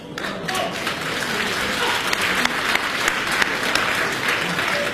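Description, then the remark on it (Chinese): A steady wash of audience applause, many hands clapping densely and evenly at a fairly loud level for the whole stretch, with no voices standing out above it. “哎呦，我谢谢您的鼓掌欢迎。”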